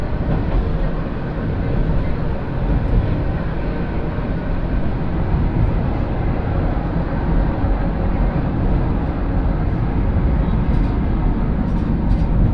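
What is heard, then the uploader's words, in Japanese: A train ride on the Yodo Line hums along with a steady, dense low rumble, unchanging throughout, with faint brief ticks near the end. 鉄道旅 予土線 宇和島→近永。キハ５４のロングシートにもう1両トロッコ車両がついていますが、こちらは途中の江川崎から乗車可能で、それに乗る人たちで混雑しています。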